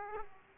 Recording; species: mosquito wingbeat signal from an infrared sensor; Aedes aegypti